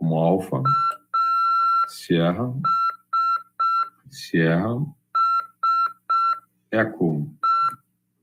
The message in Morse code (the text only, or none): ASSE